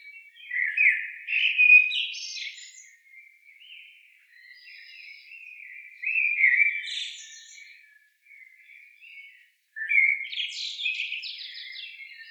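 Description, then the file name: Eurasian blackbird song: several fluty, warbled phrases low in pitch, with high, squeaky twitters, separated by brief pauses. "Turdus merula"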